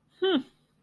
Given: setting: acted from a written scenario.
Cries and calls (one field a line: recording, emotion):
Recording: vocal sound without words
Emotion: confusion